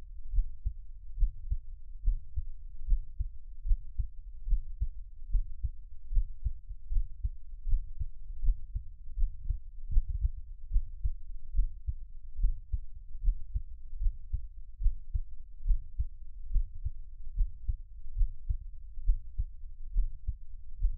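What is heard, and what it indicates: Deep, muffled thumps repeat steadily at about 71 per minute, with no speech. It is an adult's own heartbeat heard close up in a Taiwanese ASMR piece, with nothing but a faint low hum behind it.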